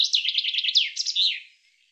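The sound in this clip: Bird chirping, a quick run of high, bouncing notes that sweep up and down for about a second and a half, then fade to silence.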